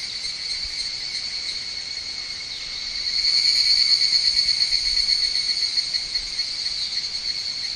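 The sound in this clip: Higurashi cicada producing a high, throbbing ringing sound, softer at first, then a louder, rapidly pulsed phrase from about three seconds that slowly tapers.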